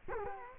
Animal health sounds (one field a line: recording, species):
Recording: mosquito wingbeat signal from an infrared sensor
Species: Culex quinquefasciatus